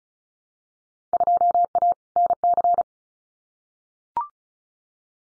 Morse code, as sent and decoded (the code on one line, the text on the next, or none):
..--- .- / -. -.-.
2A NC